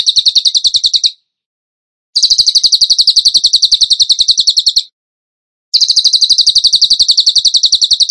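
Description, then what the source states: Bird song: three bursts of loud, rapid, high chattering trill, each lasting one to three seconds, separated by clean pauses. Masteran training recording in the tembakan gacor style.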